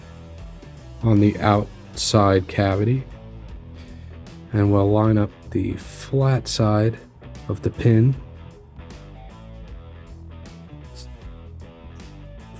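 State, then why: Not seated. A crimped wire pin is lined up by its flat side with the flat side of a cavity in a JAE plastic plug connector before being pushed in. Someone talks over guitar music, with a brief soft sound near 4.3 s. The pin has not seated or clicked yet.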